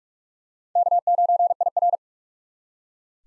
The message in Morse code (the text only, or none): K9IR